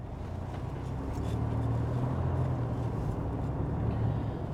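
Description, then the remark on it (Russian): A steady, droning car engine heard from inside the vehicle: a continuous low rumble with a humming tone that rises slightly, holding an even loudness with no voices throughout. “Петренко и Плещеева в машине.”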